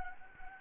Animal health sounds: mosquito wingbeat signal from an infrared sensor; Anopheles arabiensis

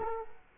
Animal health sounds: mosquito wingbeat signal from an infrared sensor; Culex quinquefasciatus

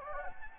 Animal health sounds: mosquito wingbeat signal from an infrared sensor; Anopheles gambiae

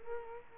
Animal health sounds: mosquito wingbeat signal from an infrared sensor; Culex quinquefasciatus

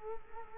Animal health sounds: mosquito wingbeat signal from an infrared sensor; Culex quinquefasciatus

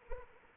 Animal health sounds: mosquito wingbeat signal from an infrared sensor; Anopheles arabiensis

